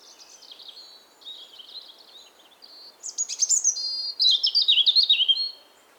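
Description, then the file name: European robin song: quiet twittering notes building into loud, rapid, tumbling high phrases that waver up and down before stopping abruptly. "Erithacus rubecula"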